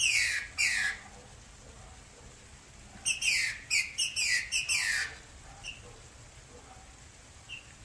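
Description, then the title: Green-winged saltator song: loud downslurred whistles, two at first, then a rapid string of about six falling notes, followed by a few faint short calls. Female. "Canto Trinca ferro fêmea"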